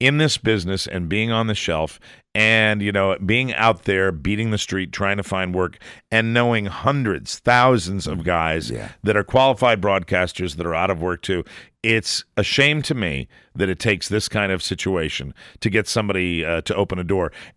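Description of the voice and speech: A man speaks fluently at a steady pace in a low, clear voice, with ordinary short pauses.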